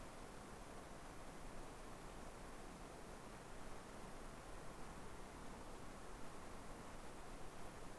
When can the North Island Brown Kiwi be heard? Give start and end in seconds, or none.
none